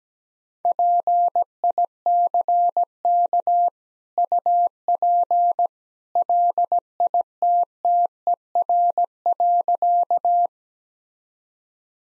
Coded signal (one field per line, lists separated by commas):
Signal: Morse code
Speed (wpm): 17 wpm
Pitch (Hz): 700 Hz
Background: none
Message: PICK UP LITTER.